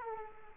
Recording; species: mosquito wingbeat signal from an infrared sensor; Culex quinquefasciatus